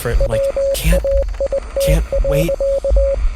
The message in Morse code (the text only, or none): WAIT.